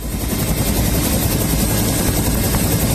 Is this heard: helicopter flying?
yes